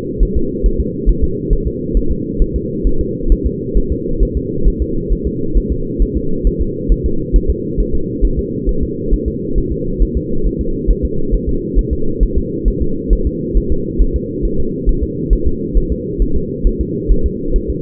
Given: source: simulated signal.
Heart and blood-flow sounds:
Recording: fetal heart sounds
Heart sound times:
0.23 s: S1
0.37 s: S2
0.66 s: S1
0.80 s: S2
1.09 s: S1
1.24 s: S2
1.53 s: S1
1.67 s: S2
1.97 s: S1
2.11 s: S2
2.42 s: S1
2.56 s: S2
2.87 s: S1
3.01 s: S2
3.32 s: S1
3.46 s: S2
3.77 s: S1
3.92 s: S2
4.23 s: S1
4.37 s: S2
4.68 s: S1
4.82 s: S2
5.12 s: S1
5.27 s: S2
5.58 s: S1
5.72 s: S2
6.02 s: S1
6.17 s: S2
6.47 s: S1
6.61 s: S2
6.92 s: S1
7.06 s: S2
7.36 s: S1
7.50 s: S2
7.80 s: S1
7.95 s: S2
8.25 s: S1
8.39 s: S2
8.69 s: S1
8.83 s: S2
9.14 s: S1
9.28 s: S2
9.58 s: S1
9.72 s: S2
10.02 s: S1
10.17 s: S2
10.47 s: S1
10.61 s: S2
10.91 s: S1
11.05 s: S2
11.34 s: S1
11.49 s: S2
11.79 s: S1
11.93 s: S2
12.23 s: S1
12.38 s: S2
12.68 s: S1
12.82 s: S2
13.13 s: S1
13.27 s: S2
13.58 s: S1
13.72 s: S2
14.02 s: S1
14.16 s: S2
14.45 s: S1
14.60 s: S2
14.89 s: S1
15.03 s: S2
15.33 s: S1
15.47 s: S2
15.77 s: S1
15.92 s: S2
16.22 s: S1
16.36 s: S2
16.67 s: S1
16.81 s: S2
17.12 s: S1
17.26 s: S2
17.56 s: S1
17.70 s: S2
From the record:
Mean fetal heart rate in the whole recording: 135 bpm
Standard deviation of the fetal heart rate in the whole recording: 3 bpm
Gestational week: 36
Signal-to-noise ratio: -8.1 dB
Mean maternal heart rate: 72 bpm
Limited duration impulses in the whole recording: absent

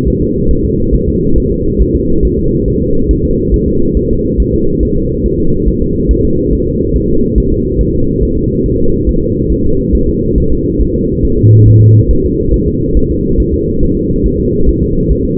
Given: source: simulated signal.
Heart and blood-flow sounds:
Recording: fetal heart sounds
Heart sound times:
0.08 s: S1
0.22 s: S2
0.51 s: S1
0.65 s: S2
0.95 s: S1
1.09 s: S2
1.38 s: S1
1.52 s: S2
1.81 s: S1
1.95 s: S2
2.25 s: S1
2.39 s: S2
2.68 s: S1
2.82 s: S2
3.11 s: S1
3.25 s: S2
3.54 s: S1
3.68 s: S2
3.97 s: S1
4.11 s: S2
4.40 s: S1
4.54 s: S2
4.83 s: S1
4.97 s: S2
5.26 s: S1
5.40 s: S2
5.68 s: S1
5.82 s: S2
6.11 s: S1
6.25 s: S2
6.53 s: S1
6.67 s: S2
6.96 s: S1
7.10 s: S2
7.38 s: S1
7.52 s: S2
7.81 s: S1
7.95 s: S2
8.23 s: S1
8.37 s: S2
8.66 s: S1
8.80 s: S2
9.09 s: S1
9.23 s: S2
9.52 s: S1
9.66 s: S2
9.95 s: S1
10.09 s: S2
10.38 s: S1
10.52 s: S2
10.81 s: S1
10.95 s: S2
11.25 s: S1
11.39 s: S2
11.68 s: S1
11.82 s: S2
12.11 s: S1
12.25 s: S2
12.54 s: S1
12.68 s: S2
12.97 s: S1
13.11 s: S2
13.40 s: S1
13.54 s: S2
13.83 s: S1
13.97 s: S2
14.26 s: S1
14.40 s: S2
14.69 s: S1
14.83 s: S2
15.11 s: S1
15.25 s: S2
From the record:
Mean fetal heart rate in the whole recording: 140 bpm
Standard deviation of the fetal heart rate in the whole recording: 2 bpm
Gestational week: 34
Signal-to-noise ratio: -16.4 dB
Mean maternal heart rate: 72 bpm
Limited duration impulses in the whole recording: present

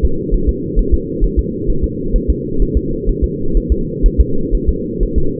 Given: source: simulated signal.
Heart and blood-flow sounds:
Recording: fetal heart sounds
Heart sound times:
0.05 s: S2
0.34 s: S1
0.49 s: S2
0.79 s: S1
0.94 s: S2
1.24 s: S1
1.39 s: S2
1.70 s: S1
1.84 s: S2
2.16 s: S1
2.30 s: S2
2.62 s: S1
2.77 s: S2
3.09 s: S1
3.24 s: S2
3.57 s: S1
3.72 s: S2
4.06 s: S1
4.21 s: S2
4.55 s: S1
4.69 s: S2
5.03 s: S1
5.18 s: S2
From the record:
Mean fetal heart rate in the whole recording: 130 bpm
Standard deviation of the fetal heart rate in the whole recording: 4 bpm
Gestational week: 38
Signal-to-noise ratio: -8.1 dB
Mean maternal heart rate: 72 bpm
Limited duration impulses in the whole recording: absent

